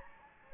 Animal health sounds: mosquito wingbeat signal from an infrared sensor; Anopheles gambiae

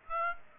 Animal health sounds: mosquito wingbeat signal from an infrared sensor; Aedes aegypti

